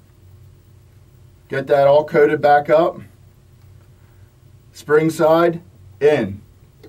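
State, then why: Not seated. An oiled low-pressure seal is handled spring side in at the seal case of a CAT 530 triplex plunger pump while someone talks over a low background hum. Nothing has seated or clicked into place yet.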